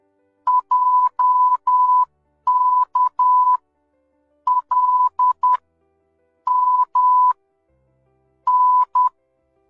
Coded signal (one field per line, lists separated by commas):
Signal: Morse code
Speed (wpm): 10 wpm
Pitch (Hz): 1000 Hz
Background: none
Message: JKLMN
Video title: آموزش کد #مورس در ۵٠ ثانیه 🤯 Learn #Morse Code in 50 Seconds